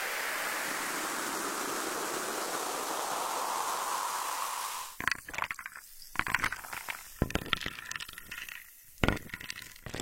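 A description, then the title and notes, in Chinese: Sparkling water fizzes in a steady, dense hiss for the first five seconds, bright. The hiss then stops abruptly, leaving scattered crisp pops and ticks of bursting bubbles at an irregular pace, with a louder crackling burst near the nine-second mark. 空杯。气泡水。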